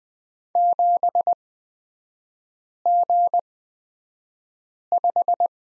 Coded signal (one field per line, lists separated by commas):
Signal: Morse code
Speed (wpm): 20 wpm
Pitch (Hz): 700 Hz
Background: none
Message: 7G5